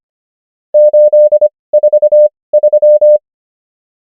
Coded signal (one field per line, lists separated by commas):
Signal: Morse code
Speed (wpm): 25 wpm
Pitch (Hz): 600 Hz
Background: none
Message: 8 4 3